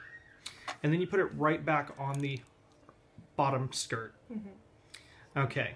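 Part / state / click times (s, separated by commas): plastic model kit part sliding onto the robot figure's torso / seated / 0.5 s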